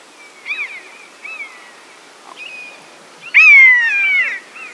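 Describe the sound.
Buzzard calls: several short, soft mewing notes, then one loud, long, descending mew near the end.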